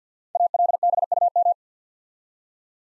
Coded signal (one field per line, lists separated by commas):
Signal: Morse code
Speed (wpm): 51 wpm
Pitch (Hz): 700 Hz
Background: none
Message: ALBUM